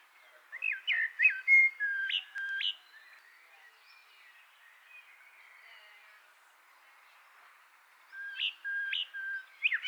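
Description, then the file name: Eurasian blackbird song: a phrase of looping fluted whistles with sharp upward jumps, a long pause, then a similar phrase resuming. "Turdus merula"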